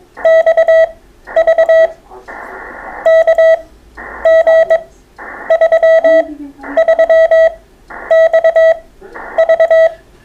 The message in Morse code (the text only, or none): XV KG33XV